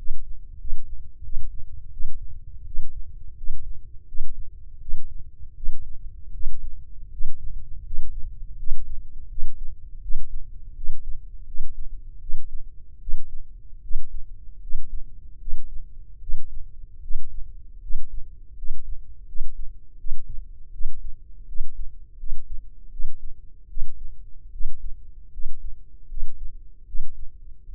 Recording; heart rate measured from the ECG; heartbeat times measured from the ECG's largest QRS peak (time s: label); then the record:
heart sounds by microphone in the left ear; 80 bpm
0.58 s: heartbeat
1.22 s: heartbeat
1.90 s: heartbeat
2.64 s: heartbeat
3.35 s: heartbeat
4.06 s: heartbeat
4.79 s: heartbeat
5.54 s: heartbeat
6.31 s: heartbeat
7.10 s: heartbeat
7.83 s: heartbeat
8.56 s: heartbeat
9.28 s: heartbeat
10.00 s: heartbeat
10.74 s: heartbeat
11.45 s: heartbeat
12.19 s: heartbeat
12.99 s: heartbeat
13.81 s: heartbeat
14.60 s: heartbeat
15.38 s: heartbeat
16.19 s: heartbeat
17.01 s: heartbeat
17.80 s: heartbeat
18.55 s: heartbeat
19.26 s: heartbeat
19.97 s: heartbeat
20.71 s: heartbeat
21.46 s: heartbeat
22.17 s: heartbeat
22.90 s: heartbeat
23.67 s: heartbeat
24.51 s: heartbeat
25.31 s: heartbeat
26.07 s: heartbeat
26.85 s: heartbeat
27.64 s: heartbeat
From the record:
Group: healthy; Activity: cold pressor test 0-17 s, rest 17-28 s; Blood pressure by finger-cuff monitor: 137/84 mmHg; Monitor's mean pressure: 100 mmHg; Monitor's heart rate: 81 bpm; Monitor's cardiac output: 6.6 L/min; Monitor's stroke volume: 80 mL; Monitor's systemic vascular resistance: 1120 dyn s/cm5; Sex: male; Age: 21 years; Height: 180 cm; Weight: 67.5 kg